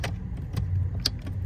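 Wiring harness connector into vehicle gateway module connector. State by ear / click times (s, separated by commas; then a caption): seated / 1.1 s. A wiring harness connector is lined up and pushed into the gateway module connector behind the trim of a 2021–2024 Toyota Venza during key programming with a SmartPro and 30-pin cable. Soft taps and rustles sit over a low hum until a sharp click at 1.1 s as the connector seats, and a gentle tug afterward confirms it is locked in.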